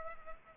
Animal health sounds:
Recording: mosquito wingbeat signal from an infrared sensor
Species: Culex pipiens

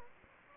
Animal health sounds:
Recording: mosquito wingbeat signal from an infrared sensor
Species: Anopheles gambiae

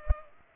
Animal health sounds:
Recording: mosquito wingbeat signal from an infrared sensor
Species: Culex pipiens

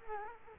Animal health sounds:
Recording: mosquito wingbeat signal from an infrared sensor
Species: Culex quinquefasciatus

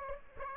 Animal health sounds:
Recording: mosquito wingbeat signal from an infrared sensor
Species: Aedes aegypti

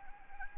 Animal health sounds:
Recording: mosquito wingbeat signal from an infrared sensor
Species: Anopheles arabiensis

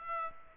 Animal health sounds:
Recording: mosquito wingbeat signal from an infrared sensor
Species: Aedes aegypti

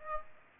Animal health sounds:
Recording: mosquito wingbeat signal from an infrared sensor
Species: Aedes aegypti

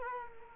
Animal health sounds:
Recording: mosquito wingbeat signal from an infrared sensor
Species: Culex quinquefasciatus

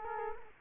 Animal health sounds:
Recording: mosquito wingbeat signal from an infrared sensor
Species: Culex quinquefasciatus

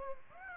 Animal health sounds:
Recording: mosquito wingbeat signal from an infrared sensor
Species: Aedes aegypti

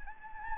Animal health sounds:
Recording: mosquito wingbeat signal from an infrared sensor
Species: Anopheles gambiae

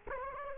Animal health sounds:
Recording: mosquito wingbeat signal from an infrared sensor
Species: Culex quinquefasciatus

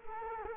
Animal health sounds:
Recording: mosquito wingbeat signal from an infrared sensor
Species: Culex quinquefasciatus

